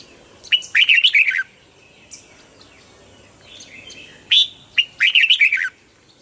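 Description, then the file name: Red-whiskered bulbul song in two loud bursts of rapid, rolling warbled notes separated by a quiet gap with faint chirping. Hue strain red-whiskered bulbul singing in the 'giọng kép' (double-voice) song style. "Tieng chao mao hue hot giong kep"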